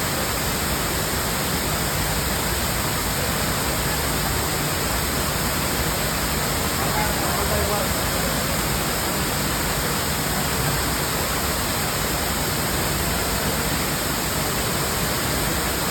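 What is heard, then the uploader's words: A waterfall pours down a wall close by, a dense, unbroken rush of water that fills everything from deep low tones to bright hiss. The sound stays completely steady throughout, and faint voices are barely audible beneath it. Sitting by a waterfall wall area.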